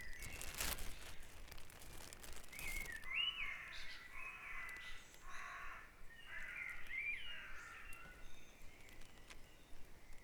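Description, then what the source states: Bird song: a clear, lively warble of rising and falling phrases following loud crackling at the start, continuing to the end. Dawn chorus recorded at Back Dragon Avenue, Harrogate, part of a sound map of Harrogate.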